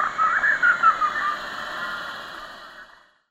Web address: Natures Songs S America Birds of Ecuador Large-headed Flatbill